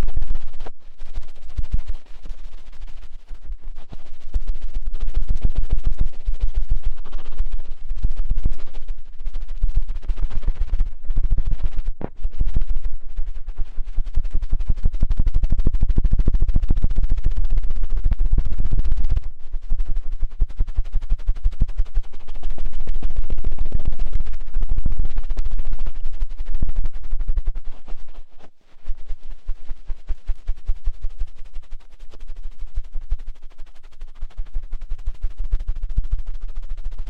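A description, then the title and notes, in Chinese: A cotton swab cleans inside an ear, giving a constant, dense scratching and crackling with heavy low rubbing thumps. The loud scraping strokes run almost without pause for the whole clip, dropping out only briefly around the 28-second mark before resuming. 棉签清洗耳朵。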